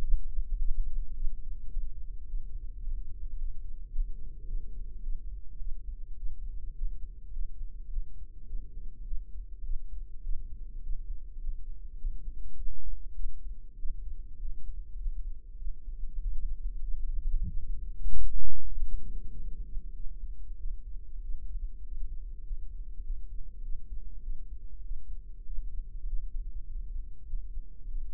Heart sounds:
heart sounds by microphone in the right ear; 101 bpm
0.00 s: heartbeat
0.57 s: heartbeat
1.13 s: heartbeat
1.69 s: heartbeat
2.26 s: heartbeat
2.81 s: heartbeat
3.36 s: heartbeat
3.90 s: heartbeat
4.45 s: heartbeat
5.01 s: heartbeat
5.57 s: heartbeat
6.15 s: heartbeat
6.73 s: heartbeat
7.31 s: heartbeat
7.88 s: heartbeat
8.45 s: heartbeat
9.03 s: heartbeat
9.62 s: heartbeat
10.21 s: heartbeat
10.81 s: heartbeat
11.39 s: heartbeat
11.96 s: heartbeat
12.55 s: heartbeat
13.14 s: heartbeat
13.76 s: heartbeat
14.38 s: heartbeat
14.97 s: heartbeat
15.57 s: heartbeat
16.18 s: heartbeat
16.80 s: heartbeat
17.45 s: heartbeat
18.07 s: heartbeat
18.68 s: heartbeat
19.29 s: heartbeat
19.92 s: heartbeat
20.56 s: heartbeat
21.20 s: heartbeat
21.82 s: heartbeat
22.42 s: heartbeat
23.01 s: heartbeat
23.60 s: heartbeat
24.20 s: heartbeat
24.81 s: heartbeat
25.43 s: heartbeat
26.04 s: heartbeat
26.64 s: heartbeat
27.25 s: heartbeat
27.86 s: heartbeat
From the record:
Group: healthy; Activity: rest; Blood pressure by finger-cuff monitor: 126/67 mmHg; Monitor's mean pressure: 85 mmHg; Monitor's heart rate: 100 bpm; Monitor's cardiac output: 8.4 L/min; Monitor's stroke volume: 85 mL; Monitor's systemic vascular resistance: 720 dyn s/cm5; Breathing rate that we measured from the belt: 15 breaths a minute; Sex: female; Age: 26 years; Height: 165 cm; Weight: 55 kg

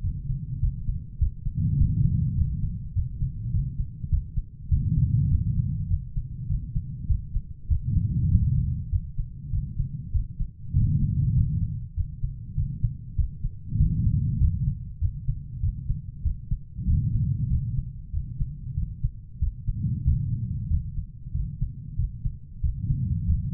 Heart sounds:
heart sounds by stethoscope; 98 bpm
0.02 s: heartbeat
0.60 s: heartbeat
1.19 s: heartbeat
1.78 s: heartbeat
2.36 s: heartbeat
2.94 s: heartbeat
3.51 s: heartbeat
4.10 s: heartbeat
4.69 s: heartbeat
5.29 s: heartbeat
5.88 s: heartbeat
6.47 s: heartbeat
7.07 s: heartbeat
7.68 s: heartbeat
8.29 s: heartbeat
8.90 s: heartbeat
9.51 s: heartbeat
10.12 s: heartbeat
10.74 s: heartbeat
11.35 s: heartbeat
11.95 s: heartbeat
12.55 s: heartbeat
13.16 s: heartbeat
13.77 s: heartbeat
14.38 s: heartbeat
14.99 s: heartbeat
15.60 s: heartbeat
16.23 s: heartbeat
16.85 s: heartbeat
17.48 s: heartbeat
18.11 s: heartbeat
18.75 s: heartbeat
19.39 s: heartbeat
20.04 s: heartbeat
20.68 s: heartbeat
21.32 s: heartbeat
21.96 s: heartbeat
22.61 s: heartbeat
23.26 s: heartbeat
From the record:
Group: healthy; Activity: rest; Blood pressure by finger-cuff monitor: 127/73 mmHg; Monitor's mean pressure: 90 mmHg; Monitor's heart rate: 98 bpm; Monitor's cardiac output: 7.3 L/min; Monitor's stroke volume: 75 mL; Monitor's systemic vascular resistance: 910 dyn s/cm5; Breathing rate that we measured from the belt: 20 breaths a minute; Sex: female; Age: 43 years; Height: 160 cm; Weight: 90 kg

